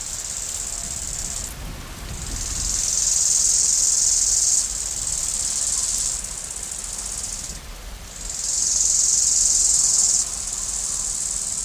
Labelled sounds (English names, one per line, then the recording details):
Bow-winged Grasshopper stridulation
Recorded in the wild
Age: imago
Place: Lienen, Nordrhein-Westfalen, DE
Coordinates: 52.1625, 7.96528
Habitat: meadow, clearing
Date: 1991-09-12 10:47
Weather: sunny, 15-21°C
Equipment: Marantz CP 430, Kopie Tesla B 116
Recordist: Tembrock, Günter
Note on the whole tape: Weg in den Teuteburger Wald, dahinter Viehweiden, dann den Weg aufwärts bis zu einer Waldlichtung. Stridulation, mehrere Exemplare, z.T. sehr gut